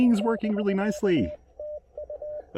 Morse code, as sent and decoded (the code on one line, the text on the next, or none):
-...-.- - ..-
<BK>TU